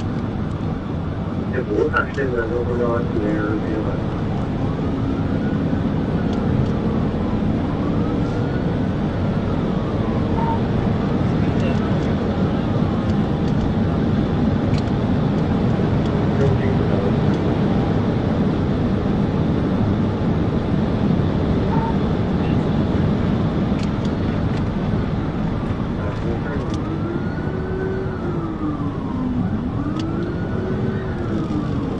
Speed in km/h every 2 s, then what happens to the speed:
151, 158, 167, 179, 182, 188, 190, 198, 201, 201, 196, 177, 167, 153, 150, 155.
0-16 speeds up to 201. 16-27 brakes to 150.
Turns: none.